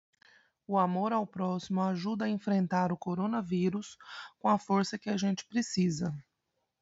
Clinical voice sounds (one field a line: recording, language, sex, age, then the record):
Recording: spoken sentence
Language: Brazilian Portuguese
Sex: female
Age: 30 to 39 years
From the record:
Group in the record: control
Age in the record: 37 years